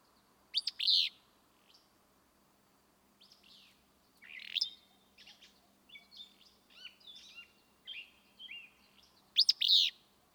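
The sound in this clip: Willow Flycatcher sings a burry, sneezing two-part phrase at the start and again at the end, with many softer chirps and twitters in between.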